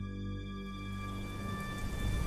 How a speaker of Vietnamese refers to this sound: Nửa đêm, ngoài trời bỗng đổ mưa ào ạt, kèm theo tiếng sấm chớp rền vang như đang giận dữ.